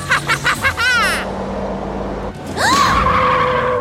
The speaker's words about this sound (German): Erschrocken trat Tilly täglich auf die Bremse.